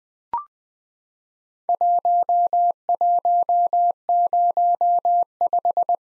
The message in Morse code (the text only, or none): 1105